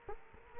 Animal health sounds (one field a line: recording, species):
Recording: mosquito wingbeat signal from an infrared sensor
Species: Culex quinquefasciatus